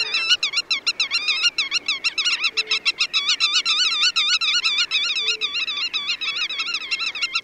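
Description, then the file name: Black-tailed godwit giving a rapid, continuous stream of nasal, wavering notes, several per second, in a rolling sequence. "Rycyk"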